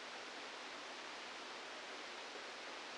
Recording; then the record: brain microelectrode recording played as sound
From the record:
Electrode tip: inside the subthalamic nucleus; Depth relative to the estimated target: -3 mm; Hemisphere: left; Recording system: NeuroSet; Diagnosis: Parkinson's disease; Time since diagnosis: 27 years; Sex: male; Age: 62 years